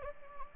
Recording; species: mosquito wingbeat signal from an infrared sensor; Anopheles gambiae